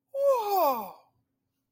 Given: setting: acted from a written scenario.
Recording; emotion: vocal sound without words; positive surprise